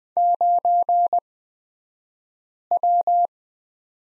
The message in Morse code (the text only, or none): 9W